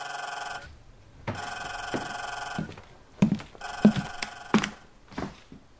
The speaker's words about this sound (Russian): Иосиф как раз собирался лечь спать, когда зазвонил телефон.